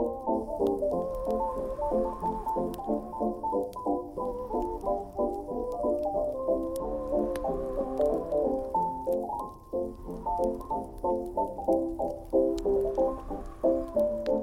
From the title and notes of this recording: Oldies playing in another room, Cozy Winter Nights.